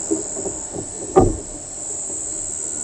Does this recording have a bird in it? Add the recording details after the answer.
no. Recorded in shrubland near Pivijay, Magdalena, Colombia, on 17 April 2023 at 05:00. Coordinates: 10.453, -74.365. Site P5-G022